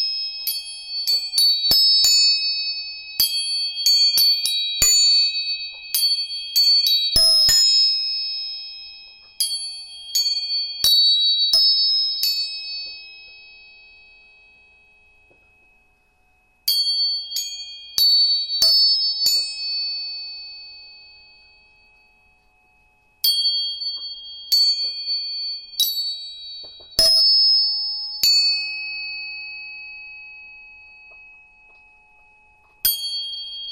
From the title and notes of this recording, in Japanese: 音叉チューニング全体性。